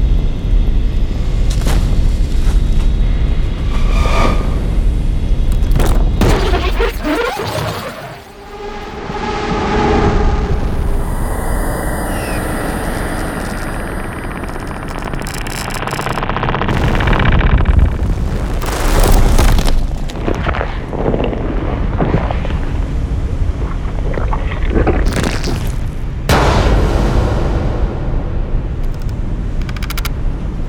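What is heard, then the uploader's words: A dense, oppressive ambience of layered drones and rumbling low noise, with sharp impacts and booms striking every few seconds. Around the eight-second mark it briefly drops and swells, then thickens again, with bright crackling bursts near 17, 20 and 26 seconds. Nightfall - Scary Sound Effects and Ambiences. Disturbing ambiences, desolate drone sounds, unusual and oppressive textures, complex impacts.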